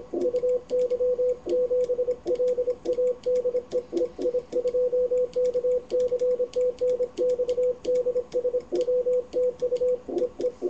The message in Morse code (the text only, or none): UY7LA DE EI2KC TNX DSW TU EE